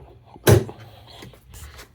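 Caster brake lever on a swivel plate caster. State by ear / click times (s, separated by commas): released / 0.5 s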